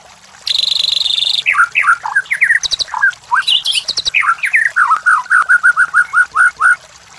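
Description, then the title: White-rumped shama song opening with a buzzy harsh note, then fast varied whistles and chattering, ending in a quick run of even repeated whistles. Training (masteran) recording for white-rumped shamas; labaik style. "MURAI BATU LABAIK"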